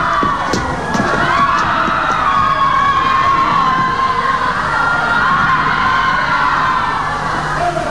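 A large football crowd at the Hungary–England 6–3 match cheers and roars continuously at full volume, a dense wall of voices with occasional whoops and shouts rising above the din throughout.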